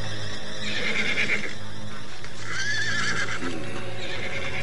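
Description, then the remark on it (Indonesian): Six horses whinny in several shrill, wavering bursts spread across a few seconds, while hooves clop steadily underneath; no one speaks. “Pengawal, siapkan 6 ekor kuda yang terbaik.”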